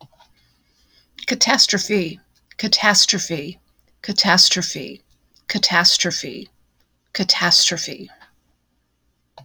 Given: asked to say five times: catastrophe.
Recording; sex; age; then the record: repeated word; female; 60 to 69 years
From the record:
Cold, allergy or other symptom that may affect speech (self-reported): no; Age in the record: 63 years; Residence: Indiana, United States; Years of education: 16